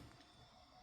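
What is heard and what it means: A brass cartridge case is fed into the metal shell plate station of a Lee Pro 6000 progressive reloading press, after the advance was adjusted so the plate no longer advances too far and jams. Only low, steady handling noise is heard as the case slides in, with no distinct click. Nothing has seated yet.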